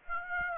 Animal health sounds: mosquito wingbeat signal from an infrared sensor; Aedes aegypti

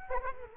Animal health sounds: mosquito wingbeat signal from an infrared sensor; Culex quinquefasciatus

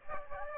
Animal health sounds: mosquito wingbeat signal from an infrared sensor; Aedes aegypti

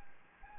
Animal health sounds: mosquito wingbeat signal from an infrared sensor; Anopheles gambiae

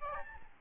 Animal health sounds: mosquito wingbeat signal from an infrared sensor; Aedes albopictus

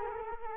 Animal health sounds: mosquito wingbeat signal from an infrared sensor; Culex quinquefasciatus

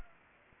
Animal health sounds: mosquito wingbeat signal from an infrared sensor; Anopheles arabiensis

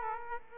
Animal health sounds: mosquito wingbeat signal from an infrared sensor; Aedes aegypti

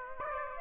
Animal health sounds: mosquito wingbeat signal from an infrared sensor; Aedes aegypti

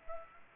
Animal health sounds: mosquito wingbeat signal from an infrared sensor; Culex pipiens

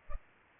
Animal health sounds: mosquito wingbeat signal from an infrared sensor; Culex pipiens

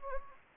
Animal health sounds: mosquito wingbeat signal from an infrared sensor; Anopheles gambiae

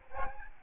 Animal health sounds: mosquito wingbeat signal from an infrared sensor; Aedes albopictus

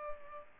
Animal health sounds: mosquito wingbeat signal from an infrared sensor; Culex pipiens

